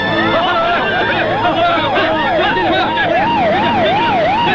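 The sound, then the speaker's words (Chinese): Several police car sirens wail at once as more and more police arrive, their pitches rising and falling in overlapping sweeps, loud and continuous, with a murmur of crowd noise and traffic rumbling underneath. “大哥，警察越来越多。”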